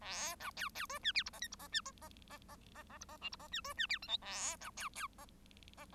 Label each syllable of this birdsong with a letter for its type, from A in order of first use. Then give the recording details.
A B C C D E F G H I G H E H H H H H G H J G H E D E F K L A C C C H. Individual Bird1